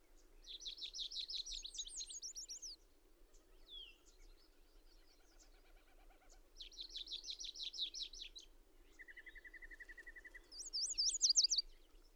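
Bird song: several high trilled phrases with scattered chips, a steady mid-pitched trill, and a final bright rapid phrase over a low hum.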